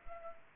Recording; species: mosquito wingbeat signal from an infrared sensor; Culex pipiens